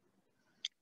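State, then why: Seated. A three-inch computer-generated hologram, mounted in a six-inch cell, is pushed into the magnetic click-in mount on the interferometer's fine positioning stage. After quiet low rumble, a single sharp, bright click at 0.6 s marks the cell seating in place.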